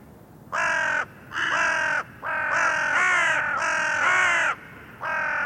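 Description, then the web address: Bird producing several raspy, drawn-out caws in near succession, the middle ones running together into one long harsh stretch. "cianscape birddata Deverinetal 2025 Bird Only"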